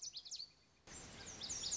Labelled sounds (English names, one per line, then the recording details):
Lazuli Bunting
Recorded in Sonoma County, California